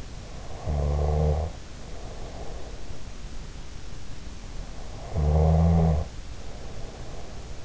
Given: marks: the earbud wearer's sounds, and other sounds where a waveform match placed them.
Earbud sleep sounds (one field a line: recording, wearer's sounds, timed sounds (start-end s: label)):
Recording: sounds in sleep by an in-ear microphone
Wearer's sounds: snoring breath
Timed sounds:
0.44-2.83 s: snoring breath
4.90-7.65 s: snoring breath